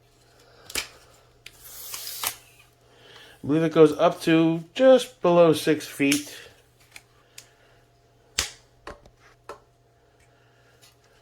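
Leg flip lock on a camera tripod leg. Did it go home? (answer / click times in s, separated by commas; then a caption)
yes / 7.4 s, 8.4 s, 8.9 s. The plastic and metal flip-lever leg locks on an Endurax 67-inch video camera tripod snap shut as the extended legs are locked, with someone talking in between. Sharp, solid clicks land at 7.4 s, 8.4 s and 8.9 s, and each lock seats firmly with a hefty click.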